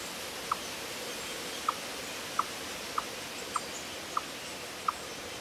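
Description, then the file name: Eastern chipmunk giving a series of seven brief, clipped chips against constant low hiss. "Tamias striatus"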